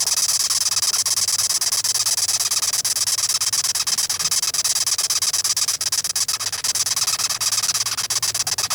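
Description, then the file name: Velvet ant stridulating, a dense, hissy, high-pitched squeaking of rapid pulses that continues steadily throughout. "velvet red ant"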